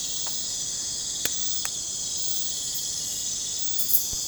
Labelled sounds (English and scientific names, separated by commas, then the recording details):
none
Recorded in pastures near Puerto Asís, Putumayo, Colombia, on 21 December 2024 at 01:30
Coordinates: 0.466, -76.322
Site G040